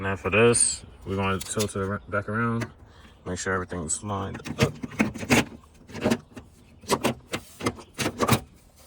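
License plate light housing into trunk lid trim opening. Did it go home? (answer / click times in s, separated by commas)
yes / 7.1 s, 7.3 s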